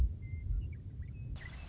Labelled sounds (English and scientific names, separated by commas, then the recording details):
Western Meadowlark (Sturnella neglecta)
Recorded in Sonoma County, California